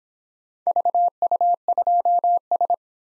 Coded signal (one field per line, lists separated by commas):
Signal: Morse code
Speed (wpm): 24 wpm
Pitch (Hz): 700 Hz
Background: none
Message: VU2S